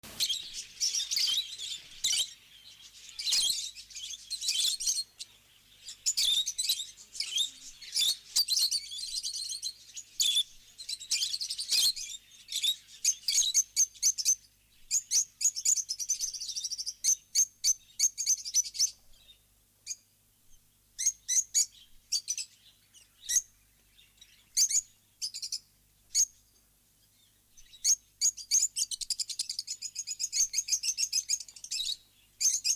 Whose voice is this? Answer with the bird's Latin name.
Agapornis roseicollis